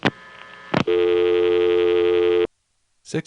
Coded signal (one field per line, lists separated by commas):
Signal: telephone call progress tone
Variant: North America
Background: speech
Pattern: dial tone